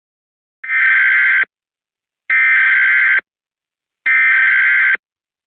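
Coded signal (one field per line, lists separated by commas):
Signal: Emergency Alert System (SAME) tones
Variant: header bursts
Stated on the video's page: Fictional EAS scenario made for a festival, not a real alert.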